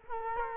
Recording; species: mosquito wingbeat signal from an infrared sensor; Culex quinquefasciatus